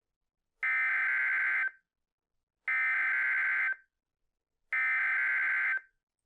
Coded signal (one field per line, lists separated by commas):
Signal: Emergency Alert System (SAME) tones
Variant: header bursts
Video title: How Weather Radios Work, S.A.M.E. NWS Technology EAS Weather Alert